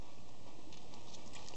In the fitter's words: at the same time as pushing it there we go and that pops in there and then